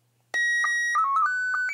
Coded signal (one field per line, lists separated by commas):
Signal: SSTV (slow-scan television)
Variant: Scottie 1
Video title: SSTV THE POOR MANS WAY